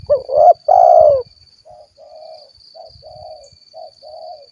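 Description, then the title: Spotted dove giving two loud hollow coos, followed by a run of much softer, shorter coos, with low thumps at the start and a faint high tone. "Tekukur"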